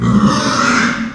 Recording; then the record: squeal of a Yucatan mini pig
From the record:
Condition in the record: after surgery on the right vocal fold (resection and tissue-engineered implant); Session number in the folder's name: 13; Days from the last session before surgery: 113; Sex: female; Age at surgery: 19 weeks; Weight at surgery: 25 kg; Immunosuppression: prednisolone